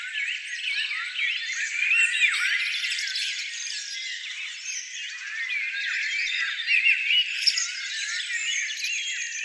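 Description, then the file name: Birds in full chorus, a steady wash of chirps, trills and short squeaky phrases layered over one another. "zvuki peniia ptits"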